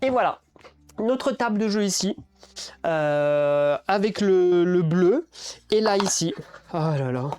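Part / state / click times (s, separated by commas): clip-on accessory into game table frame / not seated / none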